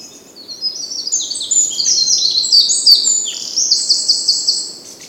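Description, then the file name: Eurasian wren song: an energetic, high-pitched torrent of quick notes and trills lasting around four seconds, closing with a repeated rattle. "Troglodytes troglodytes"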